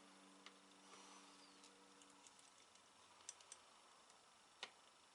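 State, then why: Not seated. A second small plastic part is worked into place under a plastic scale model of a Ford GT40 Le Mans 66 car. Soft handling noises and faint ticks are heard over a low background hum, with brief sharp ticks near 3.3 s, 3.5 s and 4.6 s. Nothing has seated or clicked yet; the clip ends just before the part goes home.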